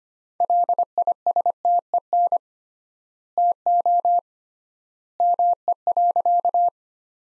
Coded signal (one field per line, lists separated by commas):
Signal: Morse code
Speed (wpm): 25 wpm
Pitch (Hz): 700 Hz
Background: none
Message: LISTEN TO ME.